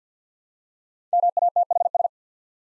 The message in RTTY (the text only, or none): none